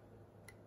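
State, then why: Seated. A plastic gimbal guard is pressed onto a drone's camera gimbal and snaps into place. A single short, sharp click is heard at 0.5 s over a low steady hum, and the guard is seated.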